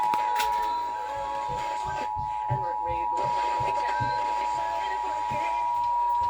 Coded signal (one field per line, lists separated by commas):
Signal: Emergency Alert System (SAME) tones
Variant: 853 and 960 Hz attention tone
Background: speech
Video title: (4 IN 1!) EAS Capture | National Periodic Test | 10/4/2023